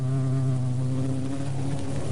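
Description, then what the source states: Asian hornet wing buzz, a steady low droning hum with layered harmonics. Vespa velutina, an invasive hornet from southern China that preys on honeybees; mostly black, 2-2.5 cm, smaller than the European hornet, yellow legs.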